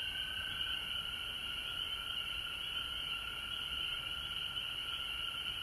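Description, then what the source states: Frogs calling together in a constant shrill chorus, a high trilled layer over a fainter lower hum that never pauses. Frogs recorded at home in Georgia on March 19, 2020.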